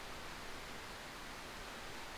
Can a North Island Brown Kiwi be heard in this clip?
no